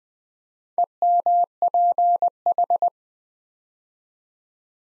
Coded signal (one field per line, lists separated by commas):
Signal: Morse code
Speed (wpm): 20 wpm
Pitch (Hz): 700 Hz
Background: none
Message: EMPH